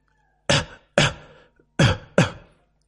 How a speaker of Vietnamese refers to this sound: Lão đạo sĩ lại nổi thêm một tràng ho khan kịch liệt. Từ Ngôn vội vàng nhẹ nhàng gõ sau lưng của sư phụ.